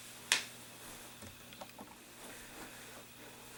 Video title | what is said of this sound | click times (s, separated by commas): Nishijin B - Explained Pt 1 | usually like to squeeze both at the same time so that it locks in place now | 0.3 s